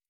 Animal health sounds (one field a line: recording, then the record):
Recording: hydrophone in a shrimp aquaculture tank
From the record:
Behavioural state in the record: stressed